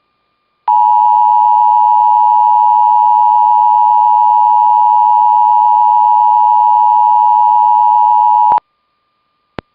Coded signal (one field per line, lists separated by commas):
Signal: Emergency Alert System (SAME) tones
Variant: 853 and 960 Hz attention tone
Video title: EAS 113 ILLINOIS TORNADO WATCH #505